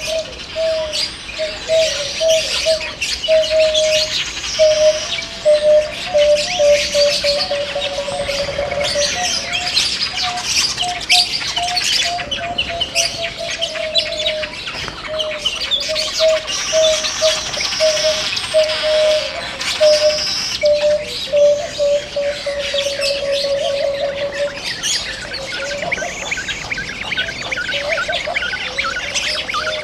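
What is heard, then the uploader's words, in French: Inside an African aviary, many birds chirp and call at once in a dense, continuous chorus of bright, overlapping tweets. A steady, mid-pitched trilling call runs through most of the recording, fading briefly around the middle and near the end. Immersion sonore en Volière africaine. Le Bioparc de Doué-la-Fontaine. Chant des tisserins gendarmes, tourterelle maillée, inséparables à joues noires, irrisor moqueur, huppe fasciée, choucador superbe.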